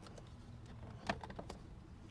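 A plastic steering column shroud on a 2005-2010 Chevy Cobalt / Pontiac G6 is hooked up and under, then pushed down and in onto the steering column. A sharp snap at 1.1 s, followed by a few softer clicks up to 1.5 s, marks its clips snapping home. The shroud is seated in place.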